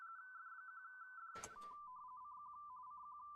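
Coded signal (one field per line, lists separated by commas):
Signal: RTTY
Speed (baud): 45.45 baud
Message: CQ CQ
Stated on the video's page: RTTY in the CQ WW RTTY Contest 2025.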